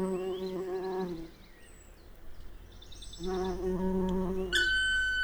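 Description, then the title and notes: Bumblebee buzzing in two low humming bursts separated by a quiet gap, followed by a loud bird call, with scattered thin bird notes. Bumblebee passing by during a well-advanced morning chorus, 1 June 2020, Piste aux espagnols; recorded with Nagra LB and omni MKH 8020. "Piste aux espagnols. le passage d&#39;un bourdon"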